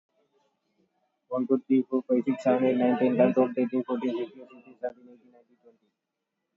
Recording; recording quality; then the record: counting at a fast pace; excellent, no background noise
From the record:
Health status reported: COVID-19 positive, moderate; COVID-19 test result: positive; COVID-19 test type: RT-PCR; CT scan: not taken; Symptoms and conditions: cough, diarrhoea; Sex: male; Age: 24 years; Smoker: no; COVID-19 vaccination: none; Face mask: not worn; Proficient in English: yes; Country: India